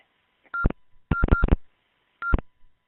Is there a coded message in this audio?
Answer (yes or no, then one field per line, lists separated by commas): no